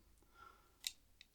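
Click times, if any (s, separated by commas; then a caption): 0.9 s, 1.2 s. The metal hammer of a single-action revolver is drawn back until it locks into its quarter- or half-cock notch. A sharp, bright click sounds at 0.9 s, followed by a fainter click at 1.2 s. The hammer is seated in the cocking notch.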